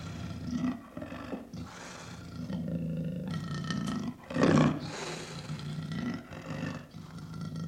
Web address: leopards